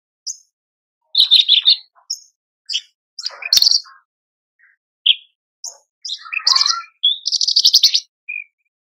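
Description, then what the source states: Horsfield's bush lark song: varied high chirps and trills in separate bursts, with a long rapid buzzy trill near the end, no other sounds. Branjangan song described as super gacor (very lively), in a masteran recording for training cage birds.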